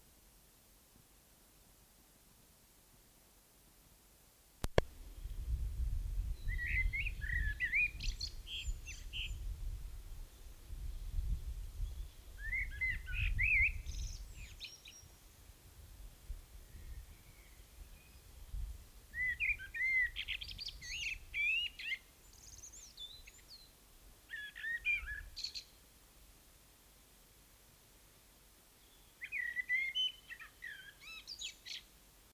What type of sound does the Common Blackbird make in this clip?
song